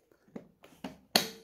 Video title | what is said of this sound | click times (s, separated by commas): ABIR X8 APP SETUP | there you go okay so you can just kind of hear it click in then you're gonna come around the side here | 1.2 s